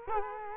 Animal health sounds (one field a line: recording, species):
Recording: mosquito wingbeat signal from an infrared sensor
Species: Culex quinquefasciatus